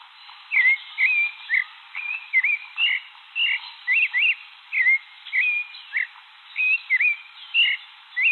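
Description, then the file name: Thrush song, a steady run of short whistled and slurred notes, each phrase varied, delivered about twice per second. "canto do sabia de cabeca cinza"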